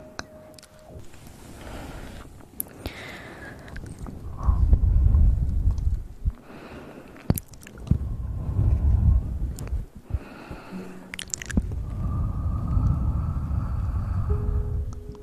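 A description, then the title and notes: Mouth sounds play out in a busy, shifting sequence: soft wet clicks and pops, a few sharp taps near 7 and 10 seconds, and short tonal hums. Low rumbling swells rise around 4–6, 8 and 12–15 seconds, with faint breathy hiss between. Mouth Sounds Triggers.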